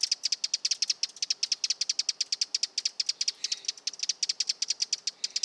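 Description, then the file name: Eurasian wren delivering a long stream of rapid, high-pitched clicking notes, nearly continuous with a few short breaks, crisp and evenly spaced. Nominate subspecies Troglodytes troglodytes troglodytes. "Vogelstimme Zaunkoenig - Eurasian Wren - Troglodytes troglodytes troglodytes"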